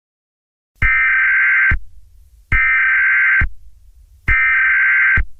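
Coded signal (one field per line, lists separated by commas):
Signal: Emergency Alert System (SAME) tones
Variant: header bursts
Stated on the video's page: Fictional EAS scenario for extreme heat, simulated rather than a real alert.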